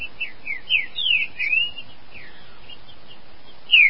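Green-winged saltator singing a short series of sweet whistled notes, slurred up and down, followed by a pause and one final loud downslurred whistle.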